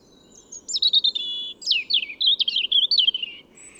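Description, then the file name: European robin singing a varied high-pitched phrase of quick warbled trills and falling twittering notes, continuous for about three seconds. "Erithacus rubecula"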